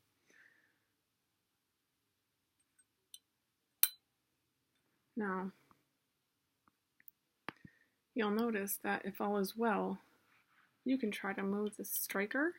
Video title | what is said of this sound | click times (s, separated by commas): GLOCK slide Full Assembly (G19Gen4) | When it's on correctly, you'll hear that nice click to reassure you that yes, everything's in there. | 3.8 s